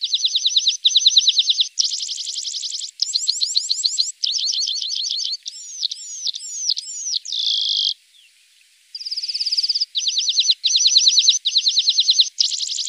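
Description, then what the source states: Lark song: dense, high-pitched trilled phrases of rapid notes, varied with looping slurred whistles and a buzzy stretch, nearly continuous with one brief pause. Masteran training recording for larks.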